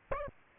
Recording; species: mosquito wingbeat signal from an infrared sensor; Aedes albopictus